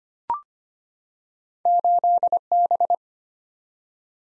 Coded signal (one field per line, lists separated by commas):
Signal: Morse code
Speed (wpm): 25 wpm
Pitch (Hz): 700 Hz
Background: none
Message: 8B